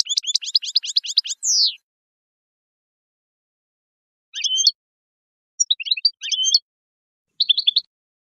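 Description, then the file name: European goldfinch song: a fast run of high twittering notes ending in a slurred note, then short tinkling, chattering phrases after a pause. "Jilguero"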